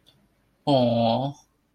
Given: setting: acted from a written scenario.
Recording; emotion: vocal sound without words; awe